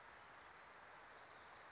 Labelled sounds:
Wilson's Warbler (Cardellina pusilla)
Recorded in Sonoma County, California

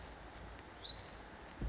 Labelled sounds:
Hutton's Vireo (Vireo huttoni)
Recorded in Sonoma County, California

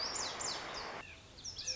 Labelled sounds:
Lazuli Bunting (Passerina amoena)
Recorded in Sonoma County, California

